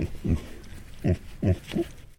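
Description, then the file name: Tamworth pig grunting, five short, deep, rough grunts, two in quick succession, then a longer pause, then three more close together. Tamworth breed pig producing a sequence of grunts. "ANIMAL PIG TAMWORTH HAMISH GRUNT SEQUENCE"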